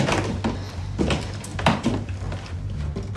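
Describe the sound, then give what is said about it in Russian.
A few sharp clicks and clunks as the lock on the door of Milad's room is unlocked, followed by the thud of the door swinging open into an empty room, all over a steady low hum. “Фарас осматривается, а Париса отпирает замок. Они входят в пустую комнату.”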